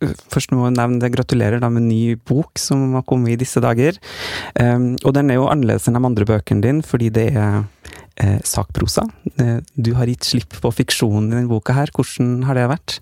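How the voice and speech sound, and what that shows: An adult man speaks fluent Norwegian at a relaxed conversational pace, congratulating someone on a new book and asking a question. His voice is clear and mid-low pitched, with a few ordinary filled pauses ("eh", "ehm"). Speech is normal, with no repetitions, blocks or voice problems.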